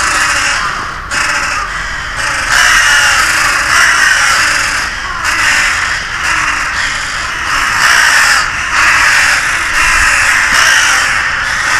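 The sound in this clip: Crow giving rough, grating caws, repeated in loose succession with brief gaps between the calls.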